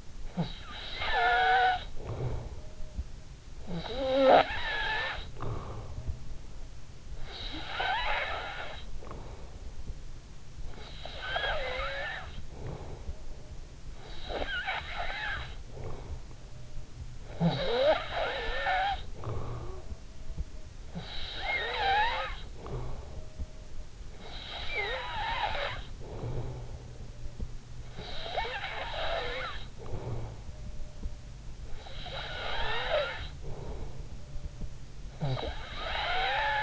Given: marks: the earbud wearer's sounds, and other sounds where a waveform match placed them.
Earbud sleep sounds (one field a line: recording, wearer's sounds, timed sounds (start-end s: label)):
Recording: sounds in sleep by an in-ear microphone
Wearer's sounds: snoring breath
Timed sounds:
0.00-23.40 s: snoring breath
23.52-36.63 s: snoring breath